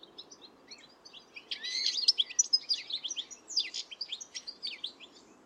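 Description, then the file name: European goldfinch calls, a lively jumble of high twittering and tinkling notes, quickening in the middle, over a steady low hiss. "Carduelis carduelis"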